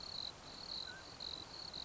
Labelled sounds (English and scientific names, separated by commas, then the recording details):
Mountain Quail (Oreortyx pictus)
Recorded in Sonoma County, California